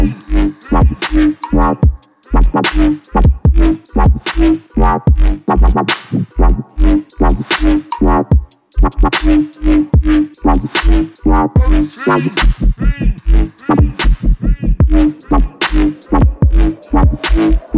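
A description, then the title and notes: Robot noises: a rapid, chattering run of short electronic blips and bursts, with a deep thumping pulse underneath and bright sharp clicks on top. The sounds sit in quick bursts with brief gaps near two and eight and a half seconds. Robot noises.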